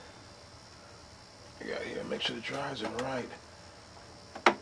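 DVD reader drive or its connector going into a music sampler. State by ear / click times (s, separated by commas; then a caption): seated / 4.5 s. A DVD reader drive or its connector is pushed home into an AKAI MPC5000 music sampler during installation while someone talks. After a quiet pause, a faint tick at 4.4 s is followed by a sharp click at 4.5 s as the part seats into place.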